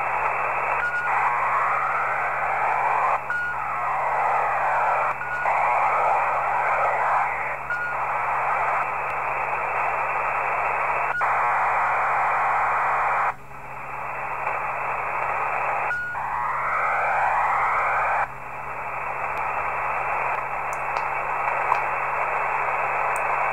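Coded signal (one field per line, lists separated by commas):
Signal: ACARS aircraft data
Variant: HFDL PSK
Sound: steady wideband rushing hiss in repeated bursts with brief breaks between them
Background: radio static, low hum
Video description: Decoding HF ACARS transmissions using Sorcerer decoder in PSK mode, ARINC 635 for HFDL.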